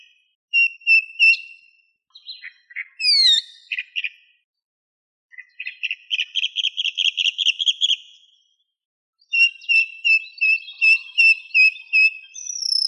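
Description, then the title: Bird song: high clear whistles and steep downslurs, then long rapid trills of bright repeated notes, broken by short pauses, in an otherwise quiet background. "LuckyPassaros CompletosSama"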